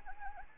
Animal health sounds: mosquito wingbeat signal from an infrared sensor; Anopheles arabiensis

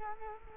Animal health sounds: mosquito wingbeat signal from an infrared sensor; Culex quinquefasciatus

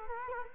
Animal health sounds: mosquito wingbeat signal from an infrared sensor; Culex quinquefasciatus

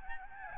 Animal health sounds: mosquito wingbeat signal from an infrared sensor; Aedes albopictus

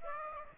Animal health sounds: mosquito wingbeat signal from an infrared sensor; Aedes aegypti

